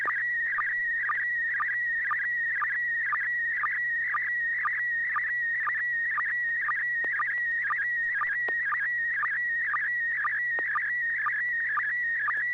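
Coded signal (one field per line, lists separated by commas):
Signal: SSTV (slow-scan television)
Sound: steady warbling high tone with rhythmic short low ticks about twice per second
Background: low hum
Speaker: you're listening to the River City arcs slow scan TV net Wednesdays at 9pm uh thanks so much George for that transmission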